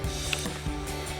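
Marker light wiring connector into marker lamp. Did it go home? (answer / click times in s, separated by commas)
yes / 0.3 s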